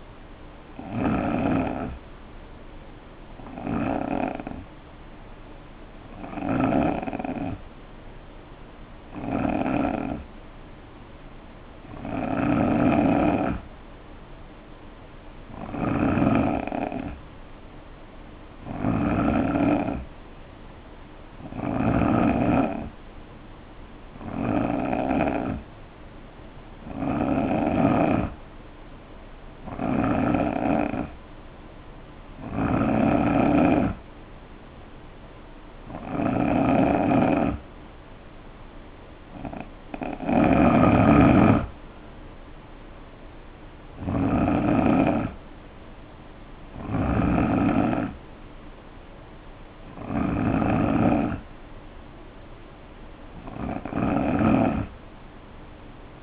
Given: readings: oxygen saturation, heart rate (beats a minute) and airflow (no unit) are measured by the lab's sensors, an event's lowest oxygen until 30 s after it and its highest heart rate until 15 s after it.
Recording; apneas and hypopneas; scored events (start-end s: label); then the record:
breathing in sleep by a voice recorder at the bedside; 1
5.00-23.90 s: hypopnea (N3, oxygen 92% highest, then 88% lowest, heart rate 66 at the start, 67 highest)
19.00-49.00 s: new sleep stage, N2 (light sleep)
49.00-56.23 s: new sleep stage, N3 (deep sleep)
From the record:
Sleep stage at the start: N3 (deep sleep); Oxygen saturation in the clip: 87 to 92%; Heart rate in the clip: 57 to 72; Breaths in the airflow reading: 18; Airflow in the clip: -4.5 to 5.1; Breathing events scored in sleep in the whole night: 520 in 7.2 hours asleep